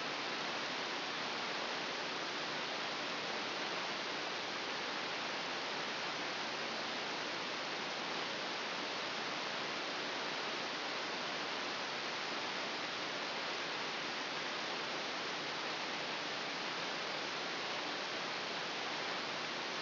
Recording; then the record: brain microelectrode recording played as sound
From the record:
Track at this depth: inside the subthalamic nucleus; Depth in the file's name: 1.738 mm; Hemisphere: left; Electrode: 3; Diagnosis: Parkinson's disease